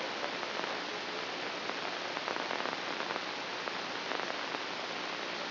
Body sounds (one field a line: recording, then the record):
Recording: brain microelectrode recording played as sound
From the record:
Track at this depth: inside the subthalamic nucleus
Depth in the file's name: 2.126 mm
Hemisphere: right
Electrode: 2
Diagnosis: Parkinson's disease